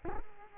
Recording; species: mosquito wingbeat signal from an infrared sensor; Culex quinquefasciatus